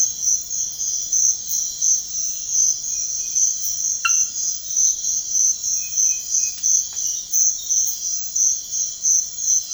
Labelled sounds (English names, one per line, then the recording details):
none
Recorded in pastures near Puerto Asís, Putumayo, Colombia, on 21 March 2025 at 05:00
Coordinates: 0.502, -76.324
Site GP07